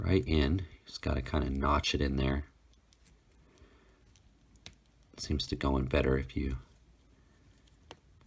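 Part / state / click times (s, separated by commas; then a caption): toy spray gun accessory into action figure hand / seated / 7.9 s. Someone talks while pressing a small plastic spray gun accessory with an orange handle into the hand of a 1:18 scale Toys Alliance Annex 2179 Citrus & Oak action figure, working it in from bottom to top. Faint plastic ticks and scrapes follow, and a sharp click at 7.9 s marks the gun seating in the hand.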